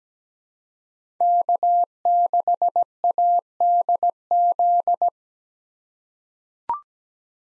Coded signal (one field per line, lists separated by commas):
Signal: Morse code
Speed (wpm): 17 wpm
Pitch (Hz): 700 Hz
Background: none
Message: K6ADZ